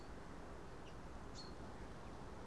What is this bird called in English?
Common Chaffinch